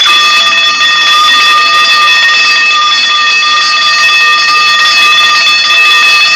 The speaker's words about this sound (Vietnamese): Hinh lập tức nhảy xuống giường, ấn nút chuông cầu cứu phòng y tá trực ban.